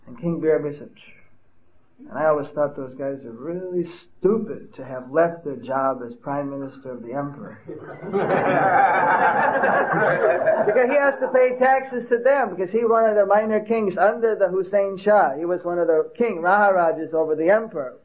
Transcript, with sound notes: And the King Bhira said, "Pshew, I always thought that those guys were really stupid, to have left their job as Prime Minister of the emperor, (laughs) because he has to pay taxes to them because he was one of the minor kings under Hussain Shah, he was one of the King, Maharajas, of the emperor.